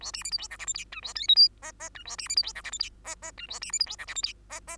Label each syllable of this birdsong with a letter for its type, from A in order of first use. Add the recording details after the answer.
A B C D E F G H I J A K L M N N J A B C D E F G H I N N J A B C D E F G H I N N. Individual Bird2